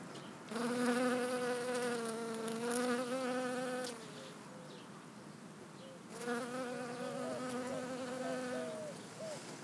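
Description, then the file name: Western honey bee wing buzz, a loud humming drone for a few seconds, a quieter lull, then a second strong buzzing pass with slightly wavering pitch. "Honeybee"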